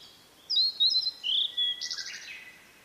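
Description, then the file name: Blue-and-white flycatcher song: clear whistles and a sliding note, ending in a rapid harsh buzz. "oruri"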